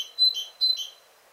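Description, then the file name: Great tit giving two quick bright phrases, each a high clear note dropping to a lower one, about half a second apart, then quiet. "Parus major"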